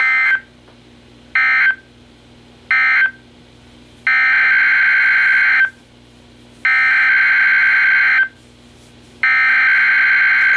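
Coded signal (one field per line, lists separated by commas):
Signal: Emergency Alert System (SAME) tones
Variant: header bursts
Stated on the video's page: Special marine warning and winter storm warnings received from NOAA Weather Radio stations.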